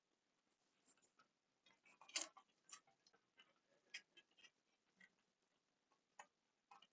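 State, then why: Not seated. A plastic part with a square hole is pushed repeatedly onto a square peg on an action figure, making scattered light plastic taps and scrapes, with sharper knocks around 2.2, 4.0, 6.2 and 7.0 seconds. The part does not snap into place, and nothing has seated or clicked yet.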